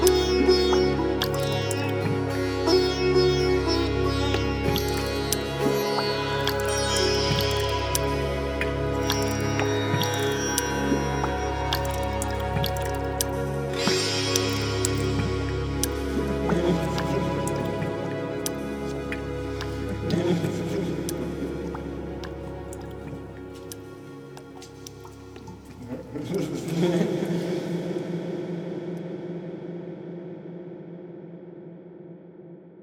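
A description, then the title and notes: Synths play over a deep bass pulse that restarts about every four seconds, with drips and plinking water drops scattered through a dense, shimmering layer of sustained tones. Around 26 seconds a bright swell rises, then the mix gradually thins and fades out. Waterdrops, mic dives, synths, sitar.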